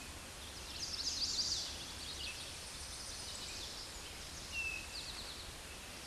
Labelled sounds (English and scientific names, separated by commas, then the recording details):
Eastern Towhee (Pipilo erythrophthalmus) song
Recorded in a Pennsylvania forest on 16 May 2024 at 08:26
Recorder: AudioMoth, point MSD-1849
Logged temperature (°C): 12.1 °C
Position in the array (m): 2 m, 43 m